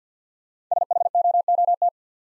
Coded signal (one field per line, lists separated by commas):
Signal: Morse code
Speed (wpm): 48 wpm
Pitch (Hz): 700 Hz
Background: none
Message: SHOOT